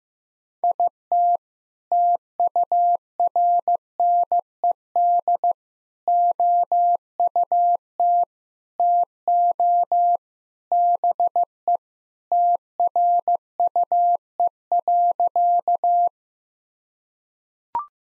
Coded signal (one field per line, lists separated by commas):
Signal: Morse code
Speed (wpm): 15 wpm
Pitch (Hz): 700 Hz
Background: none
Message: IT TURNED OUT TO BE TRUE.